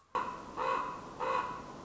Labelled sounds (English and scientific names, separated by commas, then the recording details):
Common Raven (Corvus corax)
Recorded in Sonoma County, California